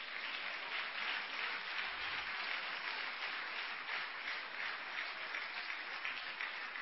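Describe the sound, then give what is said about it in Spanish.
A church audience applauds Jesus during a sermon, many hands clapping in a dense, even wash of sound that holds at a constant level for several seconds without any talking. “Dele palmas a Jesús.”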